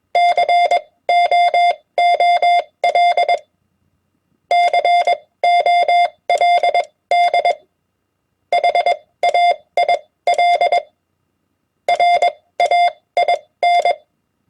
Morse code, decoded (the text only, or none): COOL COLD HAIL RAIN